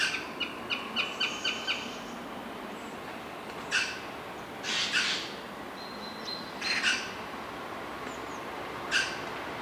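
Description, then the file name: Eurasian magpie calls, a rapid rattling chatter of harsh notes in the first two seconds, then scattered short harsh calls, with some thin high tones over steady background hiss. "Pica pica"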